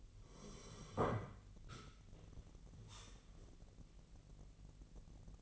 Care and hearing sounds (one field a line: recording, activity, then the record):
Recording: daily activity, microphone in the room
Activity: sit down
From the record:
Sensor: 4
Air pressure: 1002.5 hPa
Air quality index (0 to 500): 248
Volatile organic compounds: 38 ppm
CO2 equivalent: 3108 ppm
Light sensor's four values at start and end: 11/24/10/10 and 11/24/10/9